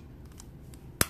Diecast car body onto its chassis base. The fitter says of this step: should yep there you go you should just snap into place usually the